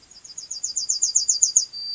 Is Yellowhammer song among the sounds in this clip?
yes